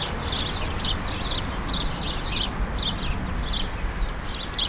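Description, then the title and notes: Sparrows chirping in clustered bursts of high notes in quick succession, over a low rumbling background. Countless sparrows gathered in a hedge on Urbanstraße, attracted by birdseed balls hung there by residents; recorded January 17, 2009. "urbanstraße: spatzen in einer hecke - the city, the country & me: sparrows in a hedge. unzählige spatzen, angelockt von meisenknödeln, die von anwohnern in einer hecke angebracht wurden. january 17, 2009"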